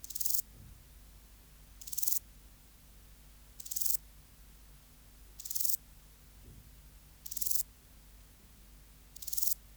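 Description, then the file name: Chopard's grasshopper song: short, dry, hissing rasps of about half a second, repeated regularly roughly every two seconds, with six bursts and quiet between them. "Euchorthippus chopardi"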